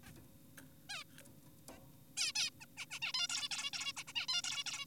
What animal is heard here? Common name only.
Zebra Finch